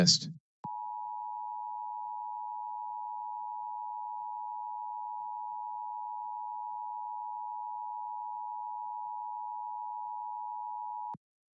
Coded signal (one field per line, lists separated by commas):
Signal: Emergency Alert System (SAME) tones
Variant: 853 and 960 Hz attention tone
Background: speech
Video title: LIVE AM/MW DX: DX Central Live - S. 3, Ep. 17 | Friday, January 27, 2023